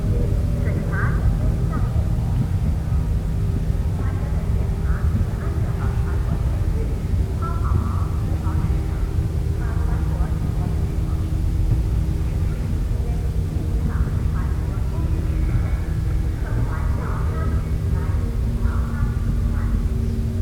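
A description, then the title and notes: A deep, steady engine rumble fills the low end throughout, with a constant hum like boats idling. Over it, a distant loudspeaker voice comes and goes in short bursts, fading and swelling as if carried by the wind. Boats. Distant loudspeaker moves with the wind.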